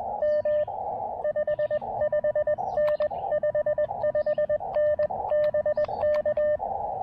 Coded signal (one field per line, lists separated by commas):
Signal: Morse code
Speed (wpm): 21 wpm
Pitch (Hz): 600 Hz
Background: radio noise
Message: M 55N 55N BK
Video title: SOTA on Hibriten Mountain: Quick hike, pack test, and QRP summit fun!